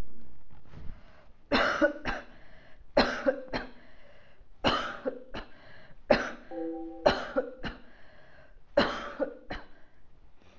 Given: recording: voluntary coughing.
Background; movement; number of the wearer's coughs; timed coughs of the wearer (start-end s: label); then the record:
quiet; sitting; 11
1.49-1.97 s: cough
2.06-2.47 s: cough
2.94-3.42 s: cough
3.53-3.87 s: cough
4.62-5.21 s: cough
5.21-5.62 s: cough
6.08-6.43 s: cough
7.03-7.48 s: cough
7.48-7.82 s: cough
8.75-9.35 s: cough
9.35-9.70 s: cough
From the record:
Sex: female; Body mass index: 22.6 kg/m2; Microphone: on the chest, facing outward